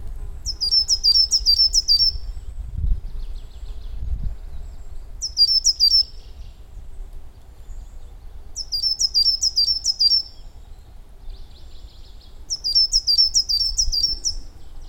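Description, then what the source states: Coal tit song, a high, thin phrase of quickly repeated two-note units, given four times at intervals of about three and a half to five seconds, with a low background rumble. Nominate subspecies Periparus ater ater.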